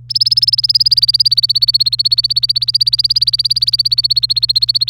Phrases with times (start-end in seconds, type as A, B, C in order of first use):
0.09-4.90 A